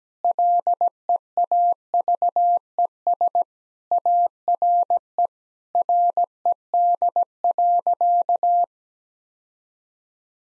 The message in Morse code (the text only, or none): LEAVES ARE RED.